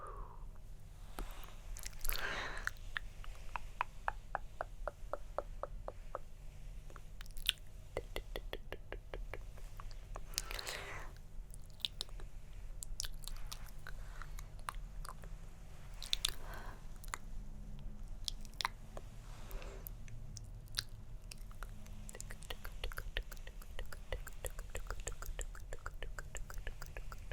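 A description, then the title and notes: Soft mouth sounds and hand movements, made up of dense runs of quick wet clicks and smacks, with plucking and pinching bursts throughout. Louder swishes break in near 2, 10, 16 and 20 seconds. A low steady hum sits underneath. ASMR Tingly Hand Movements & Mouth Sounds (Plucking, Pinching, Pulling).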